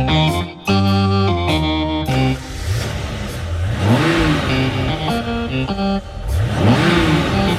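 The engines of cars parked in a car park start up and rumble, the cars shuddering slightly, revving in repeated rising swells of pitch over a steady purr, after a few brief tonal notes at the very start.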